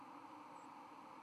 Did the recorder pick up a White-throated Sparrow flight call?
no